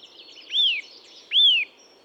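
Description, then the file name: Eurasian nuthatch uttering two arched, slurred whistles close together. "Sitta europaea"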